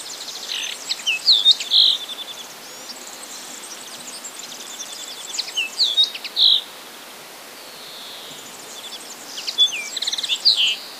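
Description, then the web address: Common linnet song, three separate short bursts of twittering chirps and whistled notes, spaced by quiet gaps of a few seconds. "wroblowe kolekcja makolagwa"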